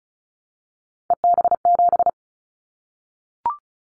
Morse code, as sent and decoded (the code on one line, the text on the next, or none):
. -... --...
EB7